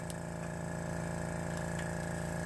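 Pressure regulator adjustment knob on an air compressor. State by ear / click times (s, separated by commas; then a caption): seated / 0.1 s. A plastic pressure regulator knob on an air compressor, set to 30 PSI, is pushed back down to lock it. A single short, sharp click sounds at 0.1 s over a steady low hum. The knob clicks into its locked position.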